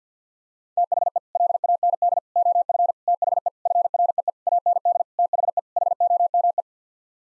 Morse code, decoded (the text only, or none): THE LAND OF THE FREE AND THE HOME